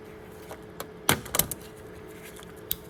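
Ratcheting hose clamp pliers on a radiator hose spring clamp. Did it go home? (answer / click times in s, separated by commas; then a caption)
yes / 1.1 s. Snap-on ratcheting radiator hose clamp pliers are squeezed closed on a spring hose clamp on a radiator hose. The ratchet gives a sharp click at 1.1 s and locks the pliers in place, followed by a few more quick clicks around 1.4–1.5 s and a lone click at 2.7 s. The pliers are confirmed locked onto the clamp.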